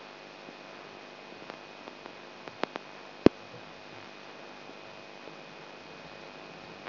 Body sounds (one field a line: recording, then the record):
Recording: brain microelectrode recording played as sound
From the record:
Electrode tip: outside the subthalamic nucleus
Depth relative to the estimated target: 4 mm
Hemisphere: right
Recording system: AlphaMap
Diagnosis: Parkinson's disease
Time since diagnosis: 9 years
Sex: male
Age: 58 years